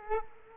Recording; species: mosquito wingbeat signal from an infrared sensor; Culex quinquefasciatus